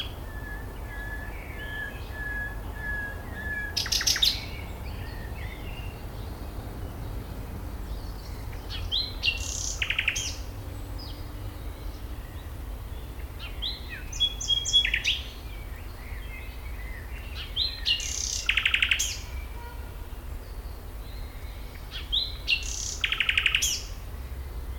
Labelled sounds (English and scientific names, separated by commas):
Common Nightingale (Luscinia megarhynchos)